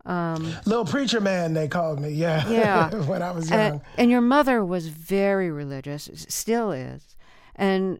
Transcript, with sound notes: Little preacher man, they called me, yeah (laughter)...
Yeah.
...When I was young.
And your mother was very religious - still is.